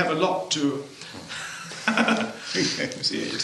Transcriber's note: laughs